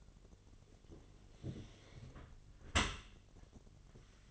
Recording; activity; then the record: daily activity, microphone in the room; close dishwasher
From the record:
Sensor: 4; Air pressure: 1007.5 hPa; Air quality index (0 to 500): 201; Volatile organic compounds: 7 ppm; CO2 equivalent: 2001 ppm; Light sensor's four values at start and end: 22/70/27/26 and 23/71/27/26